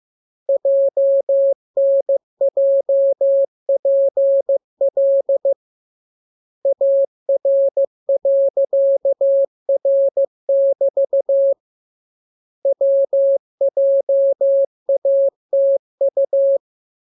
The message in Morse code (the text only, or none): JNJPL AR.R<BT> WJATU